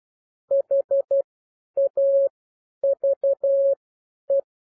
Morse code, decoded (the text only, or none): HAVE